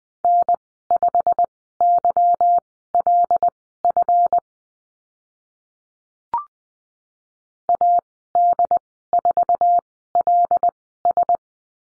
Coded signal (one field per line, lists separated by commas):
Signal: Morse code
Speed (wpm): 20 wpm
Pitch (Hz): 700 Hz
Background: none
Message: N5YLF AD4LS